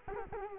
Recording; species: mosquito wingbeat signal from an infrared sensor; Culex quinquefasciatus